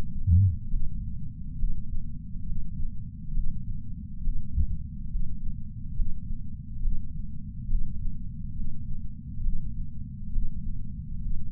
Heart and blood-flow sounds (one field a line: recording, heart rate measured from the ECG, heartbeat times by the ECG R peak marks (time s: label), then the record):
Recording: heart sounds by patch sensor on the chest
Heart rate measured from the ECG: 68 bpm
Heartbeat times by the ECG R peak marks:
0.69 s: heartbeat
1.57 s: heartbeat
2.45 s: heartbeat
3.33 s: heartbeat
4.22 s: heartbeat
5.10 s: heartbeat
5.95 s: heartbeat
6.81 s: heartbeat
7.68 s: heartbeat
8.54 s: heartbeat
9.42 s: heartbeat
10.31 s: heartbeat
11.21 s: heartbeat
From the record:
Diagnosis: coronary artery disease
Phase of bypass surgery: preoperative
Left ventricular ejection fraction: 61.7%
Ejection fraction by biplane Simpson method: 55%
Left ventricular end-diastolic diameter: 51 mm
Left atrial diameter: 36 mm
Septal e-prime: 7.9 cm/s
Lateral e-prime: 10.3 cm/s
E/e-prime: 9.8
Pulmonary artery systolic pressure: 23 mmHg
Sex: male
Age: 58 years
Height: 160 cm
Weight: 70 kg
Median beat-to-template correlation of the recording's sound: 0.83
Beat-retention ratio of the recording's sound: 0.99